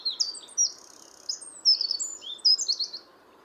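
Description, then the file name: Eurasian wren singing a jumble of high, sharp chips and brief buzzy phrases, with short pauses between bursts, over a faint steady hiss. "Troglodytes troglodytes"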